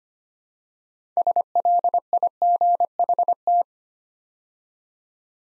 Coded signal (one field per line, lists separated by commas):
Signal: Morse code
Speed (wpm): 25 wpm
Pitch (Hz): 700 Hz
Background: none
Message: SLIGHT